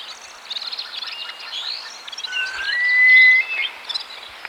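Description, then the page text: Himalayan Snowcock call: a long drawn whistle climbing gradually, loudest just after the third second, over a busy background of small chirps. "Himalayan Snowcock Call. Quick Sounds"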